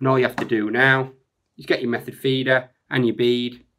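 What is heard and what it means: Someone talks while handling a plastic speed bead on the main line and an inline method feeder, about to pull the bead down into the feeder's insert. Only speech is heard, in three bursts separated by short silences. Nothing has seated or clicked yet.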